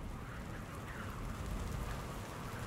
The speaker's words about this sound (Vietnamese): Đêm về khuya, mưa như nặng hạt hơn, nghe rõ từng tiếng nước nhỏ tí tách chỗ cái mái tôn thủng nơi góc bếp.